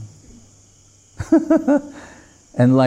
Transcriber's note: laughing